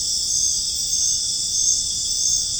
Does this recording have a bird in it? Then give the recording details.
no. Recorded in dense forest near Puerto Asís, Putumayo, Colombia, on 23 June 2025 at 22:00. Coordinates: 0.481, -76.323. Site G072